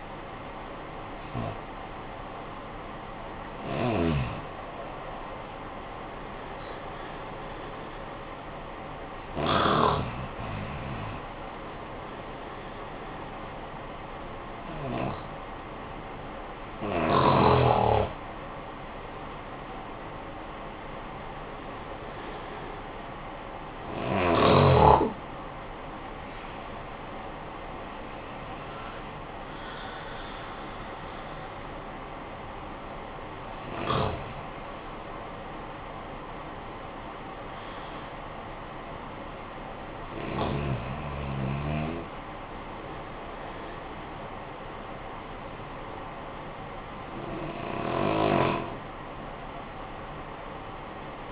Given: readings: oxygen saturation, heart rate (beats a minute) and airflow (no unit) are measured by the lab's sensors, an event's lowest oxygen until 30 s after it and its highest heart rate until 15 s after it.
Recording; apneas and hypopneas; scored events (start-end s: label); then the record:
breathing in sleep by a voice recorder at the bedside; none
none scored
From the record:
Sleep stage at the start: N1 (lightest sleep); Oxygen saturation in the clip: 65 to 97%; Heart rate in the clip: 50 to 73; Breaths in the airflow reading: 11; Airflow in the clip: -13.5 to 13.0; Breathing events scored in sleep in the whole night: 445 in 7.6 hours asleep